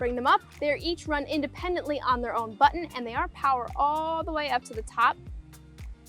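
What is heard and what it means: Someone talks while the powered third-row seatbacks of a 2023 Audi Q7 SUV, each run independently on its own button, are being raised all the way up toward their upright lock, with music playing underneath. Nothing has seated or clicked into place yet.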